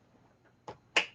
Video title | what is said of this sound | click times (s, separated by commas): How to build a PC with WaterFox17 Part 2 | Boom. Hear that click. | 0.7 s